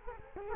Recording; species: mosquito wingbeat signal from an infrared sensor; Culex quinquefasciatus